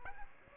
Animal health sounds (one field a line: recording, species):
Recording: mosquito wingbeat signal from an infrared sensor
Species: Aedes aegypti